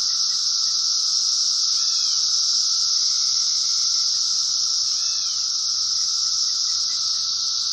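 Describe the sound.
Cicadas produce a continuous, intense high-pitched buzz with a steady lower whine; two faint arched chirps and some soft ticks appear.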